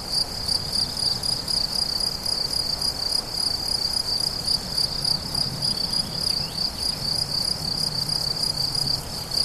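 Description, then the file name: Crickets trilling in a dense high chorus of regular pulses, over a faint low rumble in the background. Crickets recorded on 17 July 2013 at La Fortiche with a MZ-N710 recorder. "grillons la fortiche"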